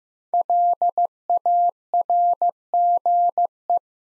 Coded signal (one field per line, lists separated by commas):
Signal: Morse code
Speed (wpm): 15 wpm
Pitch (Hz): 700 Hz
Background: none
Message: LARGE